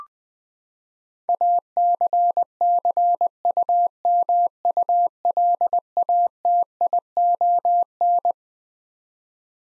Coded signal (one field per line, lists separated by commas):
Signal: Morse code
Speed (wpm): 21 wpm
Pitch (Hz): 700 Hz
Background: none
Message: ACCUMULATION